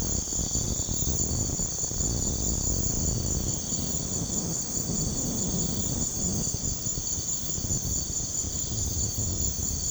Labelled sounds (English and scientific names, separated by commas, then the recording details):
none
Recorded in pastures near Puerto Asís, Putumayo, Colombia, on 21 March 2025 at 00:00
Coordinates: 0.505, -76.324
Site GP08